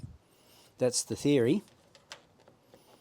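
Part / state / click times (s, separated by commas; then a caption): fuel filter cap into diesel fuel filter housing / seated / 2.1 s. On an Isuzu MU-X, a plastic fuel filter cap is pushed down onto the diesel fuel filter housing, where a tang on the cap fits a groove in the housing. Someone talks briefly, then a short, sharp click at 2.1 s marks the cap locking into place. The cap is seated.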